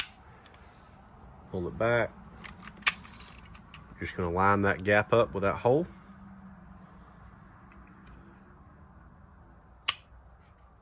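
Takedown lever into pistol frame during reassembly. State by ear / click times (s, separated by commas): seated / 9.9 s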